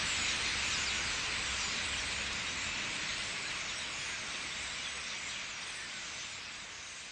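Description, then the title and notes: Massed common starling chatter, countless overlapping squeaks and clicks forming an unbroken hiss-like din that fades slightly toward the end. Thousands of starlings gathering in trees at night at a roost in Limoges, France; recorded with a Sony PCM-M10's internal microphones. "4 Rue des Prisons, 87000 Limoges, France - Starlings - étourneaux. Un bon millier d'étourneaux se rassemblent dans les arbres"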